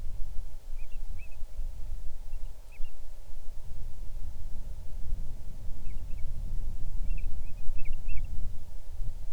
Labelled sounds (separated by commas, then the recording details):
bird, wind
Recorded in the Arctic National Wildlife Refuge, Alaska, on 6 July 2019 at 00:31
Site 39